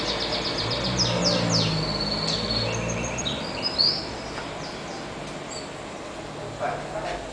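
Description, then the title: Double-collared seedeater song, a rapid run of high twittering notes and sharp downward sweeps mixed with short buzzy phrases, over a steady low background hum. "Canto Coleiro"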